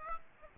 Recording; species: mosquito wingbeat signal from an infrared sensor; Aedes aegypti